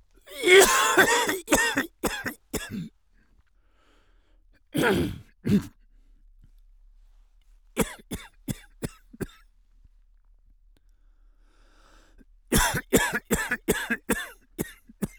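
Repeated bouts of short, harsh coughs, roughly two dozen in four clusters separated by quiet pauses, with some throat-clearing quality. This is plain coughing, without wheeze or whoop.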